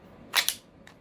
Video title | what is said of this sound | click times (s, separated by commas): Byrna SD Launcher NonLethal review Dana's product Reviews | Yeah. Cuz it once you hear it lock, now you got Now it Now it's fully loaded. Now it's loaded. Yeah. | 0.5 s